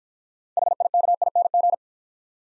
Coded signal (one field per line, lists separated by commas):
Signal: Morse code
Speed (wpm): 50 wpm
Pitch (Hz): 700 Hz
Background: none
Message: HIKING